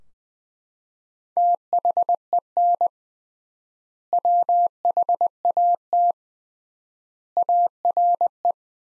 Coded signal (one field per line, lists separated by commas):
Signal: Morse code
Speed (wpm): 20 wpm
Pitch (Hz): 700 Hz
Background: none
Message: THEN WHAT ARE